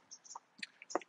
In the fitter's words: pops right in